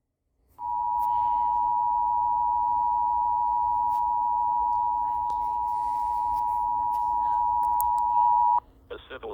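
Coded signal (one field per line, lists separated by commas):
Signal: Emergency Alert System (SAME) tones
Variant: 853 and 960 Hz attention tone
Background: speech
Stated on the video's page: 911 telephone outage emergency SAME alert for South Carolina.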